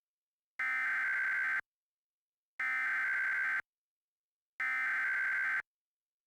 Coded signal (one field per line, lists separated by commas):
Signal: Emergency Alert System (SAME) tones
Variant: header bursts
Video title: EAS Mock #4: Double Trouble